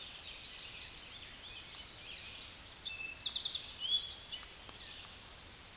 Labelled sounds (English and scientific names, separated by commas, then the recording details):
Eastern Towhee (Pipilo erythrophthalmus) song
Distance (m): 35 m
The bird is about 25 m above the microphone
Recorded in a Pennsylvania forest on 16 May 2024 at 08:55
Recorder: AudioMoth, point MSD-2131
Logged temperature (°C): 14.8 °C
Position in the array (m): 60 m, 14 m